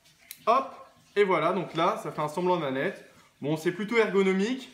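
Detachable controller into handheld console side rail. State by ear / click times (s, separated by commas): seated / 0.3 s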